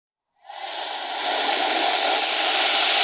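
Python hissing: a sudden breathy rush of air begins after half a second and swells steadily into a loud continuous hiss.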